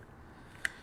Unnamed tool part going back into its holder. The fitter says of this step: this bad boy click back in here so